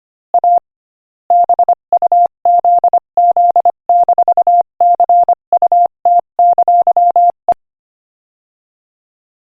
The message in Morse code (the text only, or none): A BUZZ-CUT! E